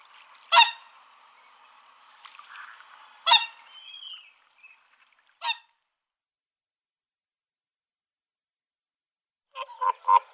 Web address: vogelstimmen singschwan